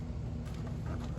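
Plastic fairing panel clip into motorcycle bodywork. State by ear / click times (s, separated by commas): not seated / none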